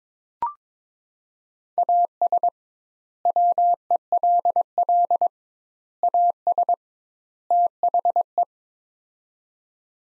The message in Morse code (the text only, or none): AS WELL AS THE